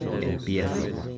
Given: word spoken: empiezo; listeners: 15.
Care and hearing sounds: one Spanish word in noise, from a listening test; eight-talker babble; -1.5 dB; 4 of 15; 8 of 15; 0.78 s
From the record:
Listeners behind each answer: 8, 4, 1, 1, 1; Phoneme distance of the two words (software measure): 10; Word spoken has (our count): 3 syllables, 7 phonemes, stress on syllable 2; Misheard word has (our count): 3 syllables, 7 phonemes, stress on syllable 2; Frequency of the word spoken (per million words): 4.75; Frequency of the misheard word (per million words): 52.17

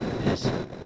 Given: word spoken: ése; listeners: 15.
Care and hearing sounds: one Spanish word in noise, from a listening test; noise modulated by three-talker babble; -6.6 dB; 2 of 15; 6 of 15; 0.46 s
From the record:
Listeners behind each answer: 6, 2, 2, 1, 1, 1, 1, 1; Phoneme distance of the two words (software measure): 17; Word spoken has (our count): 2 syllables, 3 phonemes, stress on syllable 1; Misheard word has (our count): 2 syllables, 4 phonemes, stress on syllable 1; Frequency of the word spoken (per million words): 32.59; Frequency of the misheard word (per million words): 141.30

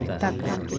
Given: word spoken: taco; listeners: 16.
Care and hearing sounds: one Spanish word in noise, from a listening test; eight-talker babble; -0.5 dB; 0 of 16; 6 of 16; 0.38 s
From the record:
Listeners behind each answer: 6, 2, 1, 1, 1, 1, 1, 1, 1, 1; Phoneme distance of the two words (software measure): 7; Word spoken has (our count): 2 syllables, 4 phonemes, stress on syllable 1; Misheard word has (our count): 2 syllables, 5 phonemes, stress on syllable 1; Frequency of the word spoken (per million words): 2.99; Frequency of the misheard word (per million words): 3.19

